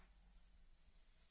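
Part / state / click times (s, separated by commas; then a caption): gear knob shell onto gear knob inner base / not seated / none. A new plastic gear knob shell from AliExpress is handled over the black inner base of a Golf 7 GTI gear knob, with its four clips being lined up to engage. Only a low, steady background hum with faint handling noise is heard, with no distinct click. Nothing has seated or clicked yet.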